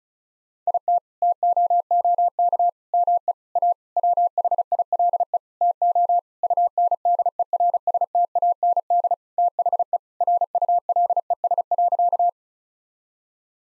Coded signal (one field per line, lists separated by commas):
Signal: Morse code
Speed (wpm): 36 wpm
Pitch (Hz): 700 Hz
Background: none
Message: IT TOOK ME A WHILE TO UNDERSTAND THE RULES.